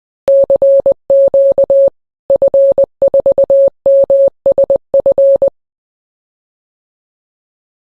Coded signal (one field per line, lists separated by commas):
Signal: Morse code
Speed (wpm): 20 wpm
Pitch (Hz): 550 Hz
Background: none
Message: CQ F4MSF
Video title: Cibi vs Radioamateur : deux mondes, une même passion des ondes !